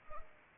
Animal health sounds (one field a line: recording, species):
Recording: mosquito wingbeat signal from an infrared sensor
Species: Anopheles arabiensis